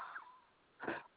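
A high, squeaky whistling breath, then a sharp snort-like sneeze: wheezy, laboured breathing in a pet rat with a recurring upper respiratory infection, unsteady and wanting only to curl up and sleep.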